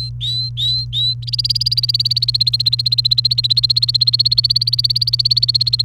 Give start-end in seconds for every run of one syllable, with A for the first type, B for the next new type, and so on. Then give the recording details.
0.00-1.14 A, 1.23-5.84 B. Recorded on 28 April 2018 at 12:10. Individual llb3